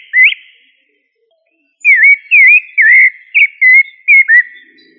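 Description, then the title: Thrush song of clear whistled notes, each a short dipping or hooked slur, one early note then a quick run of about seven after a pause. "Familia Turdidae - Sabia"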